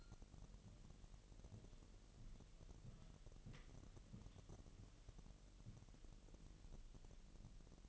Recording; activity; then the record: daily activity, microphone in the room; walk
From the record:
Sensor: 4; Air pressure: 1002.9 hPa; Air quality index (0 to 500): 247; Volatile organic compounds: 28 ppm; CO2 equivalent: 2903 ppm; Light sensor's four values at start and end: 8/19/8/8 and 8/19/8/8